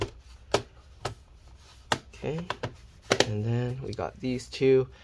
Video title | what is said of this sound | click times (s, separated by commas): Dell Inspiron 15 3501 Disassembly RAM SSD Hard Drive Battery DC Jack Charge Port Replacement Repair | okay I can click it all in | 0.0 s, 0.5 s, 1.0 s, 1.9 s